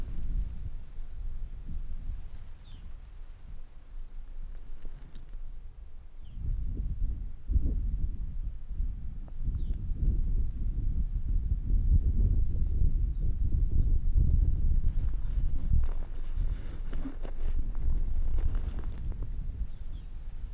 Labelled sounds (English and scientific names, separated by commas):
Arctic Fox (Vulpes lagopus)